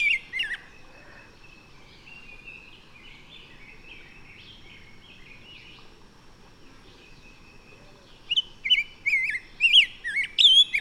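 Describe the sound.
Bird song opens with a brief whistled flourish, goes quiet for several seconds apart from faint twitters, then resumes with rapid, bending whistled notes.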